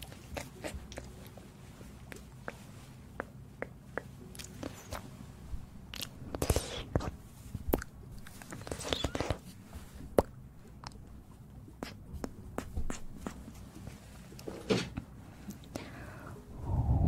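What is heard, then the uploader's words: Ear cleaning and massage sounds: irregular crackles, scrapes and soft rubbing, with sharp taps scattered throughout over a low steady rumble. ASMR Ear cleaning & Ear massage.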